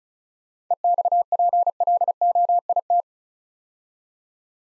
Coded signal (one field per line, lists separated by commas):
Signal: Morse code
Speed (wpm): 36 wpm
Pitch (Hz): 700 Hz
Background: none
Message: EXPLOIT